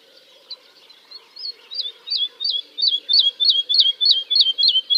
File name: kicau master woodlark omkicau